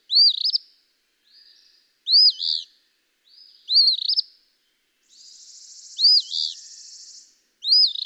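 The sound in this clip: Eastern phoebe song, rough fee-bee phrases about every two seconds, with soft buzzy notes between and a long buzzy trill near the end.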